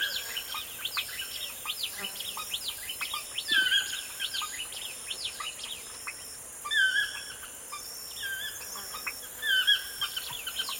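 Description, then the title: Birds: bird chorus, dense chirping and whistled notes at the start, then spaced whistled phrases from several birds, constant faint high hiss behind. Birds singing in a forest in the morning. "Звуки птиц в лесу. Morning birdsong in the forest"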